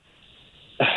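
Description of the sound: A Phone Prank where a man keeps 'accidentally' calling the wrong store. It's not even just my stomach, but also there's a cough. My stomach is messed up and then also my throat hurt.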